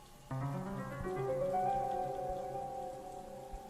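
Steady cold rain hisses throughout while low, sustained musical tones swell in and step upward beneath it, then slowly fade, leaving the soft patter of rain.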